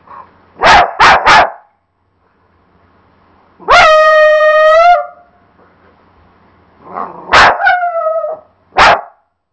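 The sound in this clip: Dog barking: three quick sharp barks, then more barks near the end, alternating with drawn-out cat meows with clear harmonics.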